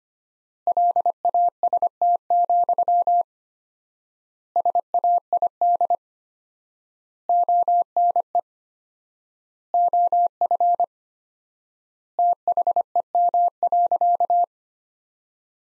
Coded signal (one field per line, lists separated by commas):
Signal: Morse code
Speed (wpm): 25 wpm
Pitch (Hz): 700 Hz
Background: none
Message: LAST, SAID ONE OF THEM.